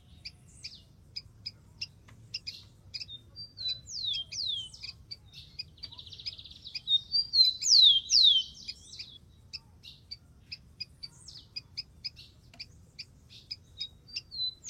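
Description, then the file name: Rufous-collared sparrow song of thin whistles followed by two or three sharp falling slurs, given twice, amid a steady run of brief ticking notes. "canto do tico tico"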